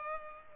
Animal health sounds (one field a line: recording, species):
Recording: mosquito wingbeat signal from an infrared sensor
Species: Culex pipiens